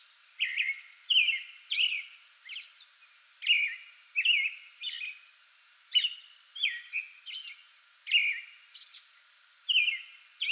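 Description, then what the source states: American robin giving a long sequence of mellow, warbled phrases, with occasional high squeaky notes between them. Singing pre-dawn from a small tree in a front yard, 2022-05-08.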